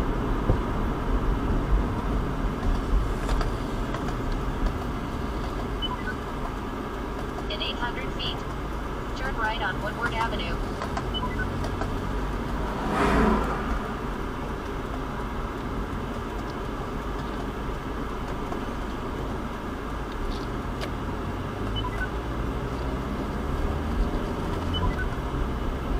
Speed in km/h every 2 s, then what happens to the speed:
40, 26, 10, 0, 6, 11, 8, 6, 6, 0, 0, 15, 29.
0-6 brakes to 0. 6-10 pulls away to 11. 10-17 slows to 0. 17-20 standing. 20-26 pulls away to 29.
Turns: none.